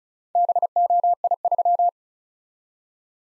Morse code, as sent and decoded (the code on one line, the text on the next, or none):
-... --- .. ...--
BOI3